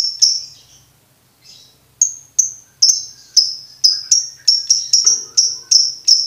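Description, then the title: Lovebird chirping song, shrill high chirps repeated in quick bursts, pausing briefly near one second, then a steady run of sharp notes about three per second. Masteran training recording made for birds to learn ngekek. "MASTERAN BURUNG 2. Belajar Ngekek"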